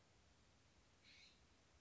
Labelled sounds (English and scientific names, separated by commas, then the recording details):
California Scrub-Jay (Aphelocoma californica)
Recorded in Sonoma County, California